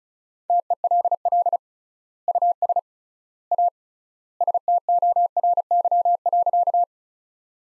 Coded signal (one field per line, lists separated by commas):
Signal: Morse code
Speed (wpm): 36 wpm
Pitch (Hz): 700 Hz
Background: none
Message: TELL US A STORY.